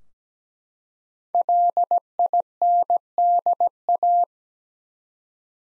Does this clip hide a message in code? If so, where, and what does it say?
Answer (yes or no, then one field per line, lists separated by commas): yes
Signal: Morse code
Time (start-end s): 1.3-4.2 s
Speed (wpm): 17 wpm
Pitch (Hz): 700 Hz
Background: none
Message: LINDA